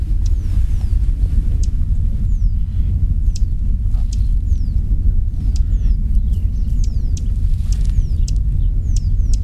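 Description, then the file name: Dusky warbler tack calls, sharp clicks in an irregular series, with a few faint thin falling whistles and continuous low rumbling noise beneath. "warbler-dusky -Phylloscopus-fuscatus"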